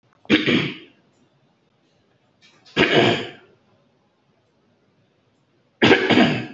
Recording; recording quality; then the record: heavy voluntary cough; excellent, no background noise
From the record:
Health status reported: respiratory illness, not identified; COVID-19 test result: negative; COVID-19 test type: RT-PCR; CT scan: taken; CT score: 2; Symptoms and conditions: cold, breathing difficulty, chronic lung disease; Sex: male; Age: 63 years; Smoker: no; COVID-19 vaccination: one dose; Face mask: worn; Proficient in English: yes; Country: India